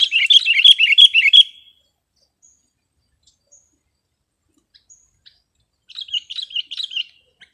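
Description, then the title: Sooty-headed bulbul in a fast run of liquid, bubbly notes for over a second, then silence before a shorter, softer burst near the end. "kutilang"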